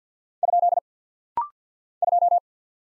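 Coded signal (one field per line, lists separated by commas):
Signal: Morse code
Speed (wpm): 48 wpm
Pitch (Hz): 700 Hz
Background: none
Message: ? 2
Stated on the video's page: Rapid-fire Morse drill at 50 wpm of single letters, numbers, punctuation and prosigns; each sent in Morse, spoken, then sent again.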